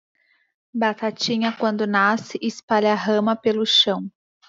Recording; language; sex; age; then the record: short text; Brazilian Portuguese; female; 20 to 29 years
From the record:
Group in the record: control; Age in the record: 28 years